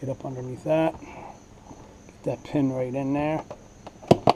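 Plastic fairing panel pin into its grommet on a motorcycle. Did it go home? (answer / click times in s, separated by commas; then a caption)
yes / 4.1 s, 4.3 s. Someone talks while a plastic fairing panel on a GSX-R 750 motorcycle is pushed into place during an oil and filter change. Its locating pin snaps into the grommet with two sharp clicks at 4.1 s and 4.3 s, and the pin is seated.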